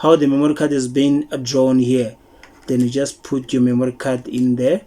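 A memory card is being put into the card slot of a Canon EOS 700D camera, following the guide drawn by the slot, while someone talks throughout. The card is handled but not yet pushed home, and nothing has clicked or seated yet.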